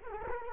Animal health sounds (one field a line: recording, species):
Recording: mosquito wingbeat signal from an infrared sensor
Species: Culex quinquefasciatus